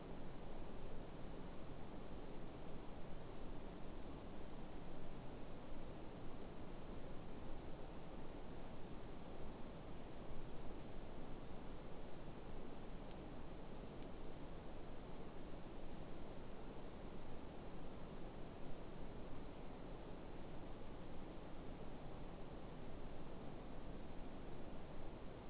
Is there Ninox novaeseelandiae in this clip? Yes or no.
no